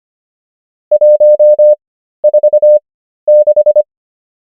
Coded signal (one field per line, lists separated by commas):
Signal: Morse code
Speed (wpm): 25 wpm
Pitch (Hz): 600 Hz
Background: none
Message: 146